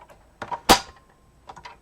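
A small release tab on the hard drive and CD drive cage inside a Dell OptiPlex 7050 desktop chassis is pulled, and the latch gives a sharp click at 0.4 s, followed by a louder broadband knock near 0.7 s and a few faint ticks around 1.5–1.7 s. The click means the cage is released and ready to lift out.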